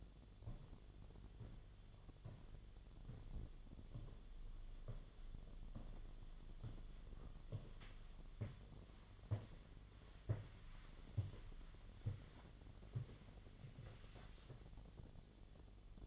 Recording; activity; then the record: daily activity, microphone in the room; walk to room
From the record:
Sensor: 4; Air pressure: 1010.9 hPa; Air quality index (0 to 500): 164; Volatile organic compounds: 4 ppm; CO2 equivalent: 1668 ppm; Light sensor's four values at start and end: 42/121/48/50 and 41/117/47/48